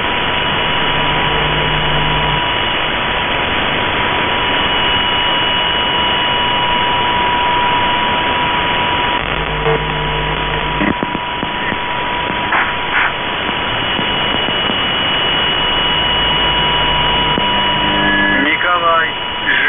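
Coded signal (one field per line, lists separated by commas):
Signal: channel marker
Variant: UVB-76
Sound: static hiss with steady whistles, two low rasping buzzes, warbling interference near the end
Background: radio static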